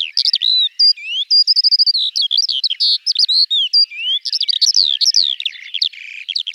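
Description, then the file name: Eurasian skylark song: a rapid, unbroken stream of high, twittering and whistled notes, with buzzy trills and quick rising and falling slurs. "Alouette des champs"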